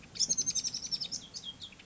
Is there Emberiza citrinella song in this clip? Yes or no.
no